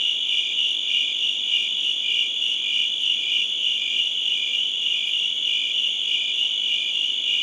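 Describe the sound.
Crickets chirping rapidly in a thick, even chorus, the high trill never pausing throughout.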